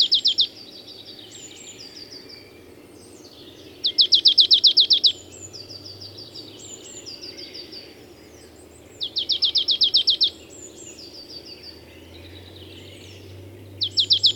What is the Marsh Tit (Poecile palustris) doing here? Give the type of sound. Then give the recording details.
song. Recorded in the wild. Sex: male. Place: Gingst, Insel Rügen, Mecklenburg-Vorpommern, DE. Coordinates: 54.456, 13.311. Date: 1978-04-19 05:10. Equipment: Nagra III BH, Sennheiser MD 21, parabola. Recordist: Schubert, Michael